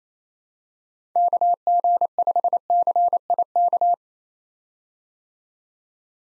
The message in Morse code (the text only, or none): KG5CIK